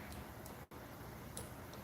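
A click-type torque wrench tightens the next engine bolt in the sequence, a Predator 212cc engine, to the 80 setting. A soft tick comes at about 0.5 s, then the wrench gives a sharp click at 1.4 s as the bolt reaches torque, with a brief dip in the steady background noise near 0.7 s.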